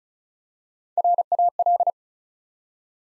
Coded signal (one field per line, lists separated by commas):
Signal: Morse code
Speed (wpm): 36 wpm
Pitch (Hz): 700 Hz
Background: none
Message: RAL